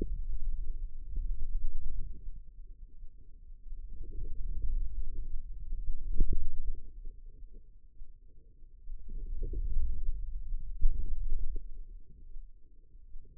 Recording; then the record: forearm muscle sounds (acoustic myography)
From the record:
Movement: wrist extension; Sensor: system 2, bracelet of six BSWA MPA416 microphones around the upper forearm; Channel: 4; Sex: female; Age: 25 years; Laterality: right